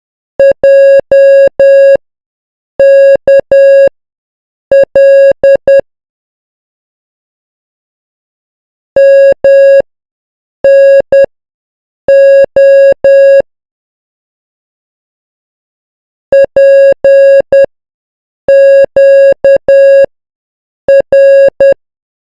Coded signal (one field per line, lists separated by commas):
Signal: Morse code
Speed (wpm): 10 wpm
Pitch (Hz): 550 Hz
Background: none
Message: JKL MNO PQR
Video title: Amateur-Radio: Morse Code Alphabet from A to Z 10 WPM